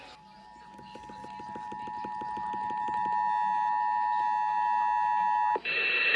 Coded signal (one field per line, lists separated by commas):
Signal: Emergency Alert System (SAME) tones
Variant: 853 and 960 Hz attention tone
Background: speech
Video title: (EAS #431 - #434) A POST HOLIDAY SLUMP - EAS Tests from 12/21/21 - 12/22/21